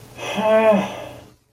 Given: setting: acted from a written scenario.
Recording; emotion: vocal sound without words; embarrassment